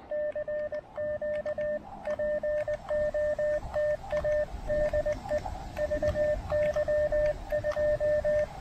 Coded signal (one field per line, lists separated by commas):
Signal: Morse code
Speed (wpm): 20 wpm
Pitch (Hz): 600 Hz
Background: radio noise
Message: CQ POTA DE VY2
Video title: POTA Jitters: My First POTA activation as VY2SW in Canada!